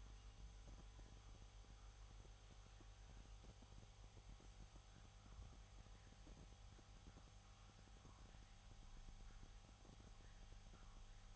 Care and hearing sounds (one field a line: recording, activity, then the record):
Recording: daily activity, microphone in the room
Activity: make coffee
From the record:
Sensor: 3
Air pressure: 1002.0 hPa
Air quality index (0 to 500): 248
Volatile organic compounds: 52 ppm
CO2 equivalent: 3317 ppm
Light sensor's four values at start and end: 12/36/16/13 and 12/36/16/13